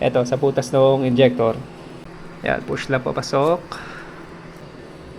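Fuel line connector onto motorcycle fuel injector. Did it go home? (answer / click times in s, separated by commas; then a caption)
no / none. On a Suzuki GSX 150 motorcycle being reassembled, the fuel line quick-connector is being pushed onto the fuel injector while someone talks over a steady low background hum. Nothing has seated or clicked yet.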